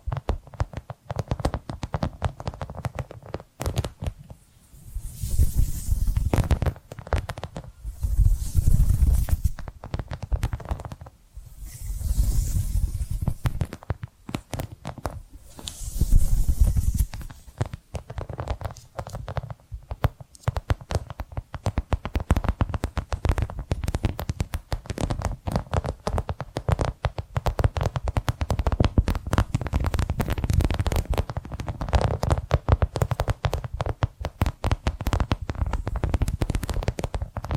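Dense, rapid tapping and scratching with a low rumbling undertone, bright scratchy bursts recurring every few seconds early on, then steadier busy texture.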